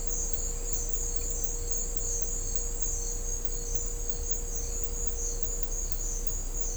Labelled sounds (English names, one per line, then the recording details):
none
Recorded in dense forest near Puerto Asís, Putumayo, Colombia, on 22 December 2024 at 09:00
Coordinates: 0.500, -76.322
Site G053